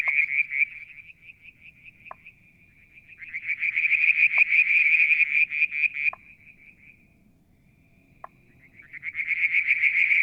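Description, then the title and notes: Frog chorus of rapid pulsed trills that rise and fade in bursts, broken by a few single short knocking pops, with a brief lull before the trilling swells again. Striped marsh frog, Verreaux's tree frog and an unidentified frog; one evening near a water tank, Mount Wilson, New South Wales, Australia, July 2022. "Frog song, Mount Wilson, New South Wales, Australia in July 2022 – by Alexander Moffatt. Limnodynastes Peronii, Litoria Verreauxii and a mystery frog one evening near the water tank"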